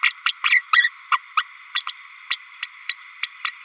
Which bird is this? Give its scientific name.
Forpus passerinus